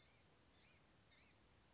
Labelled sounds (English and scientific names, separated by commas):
Blue-gray Gnatcatcher (Polioptila caerulea)